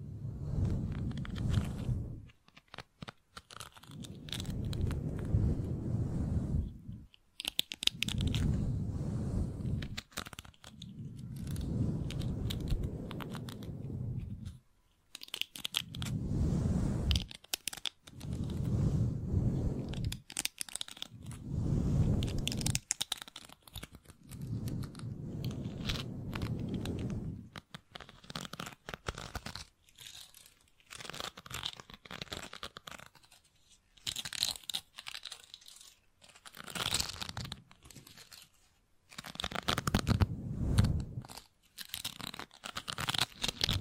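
A microphone is brushed and scratched in repeated rough strokes, each a dense, low-heavy rasp lasting a second or two with short silent gaps between. The rubbing grows brighter and more broken, crackling and crinkling, in the second half.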